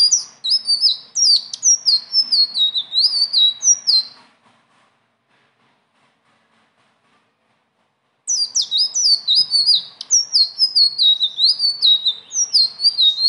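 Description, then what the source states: Leafbird song: long, fast runs of bright, stepped whistles dropping in pitch, one burst of four seconds, silence, then another lively run. Bird singing persistently (gacor) with rolling phrases (ngeroll) and fill-in phrases (isian); training song (masteran).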